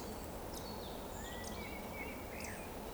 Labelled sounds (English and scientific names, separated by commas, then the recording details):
Eurasian Woodcock (Scolopax rusticola) whistle
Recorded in Baden-Württemberg, Germany, on 15 June 2020 at 19:38 UTC
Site 14569, 102 m above sea level